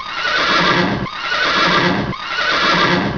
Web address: Heartland Ranch. horse